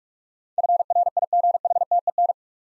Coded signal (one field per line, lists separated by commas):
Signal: Morse code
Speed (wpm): 44 wpm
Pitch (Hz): 700 Hz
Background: none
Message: FRIGHTEN